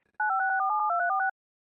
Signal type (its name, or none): DTMF